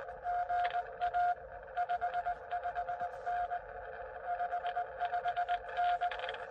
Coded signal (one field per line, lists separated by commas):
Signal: Morse code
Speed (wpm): 19 wpm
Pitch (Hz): 700 Hz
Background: music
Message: GA 55N 55N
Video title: POTA K-1001 10/12/2022 QRP CW using a Xiegu X6100 with a home-brew cootie sideswiper.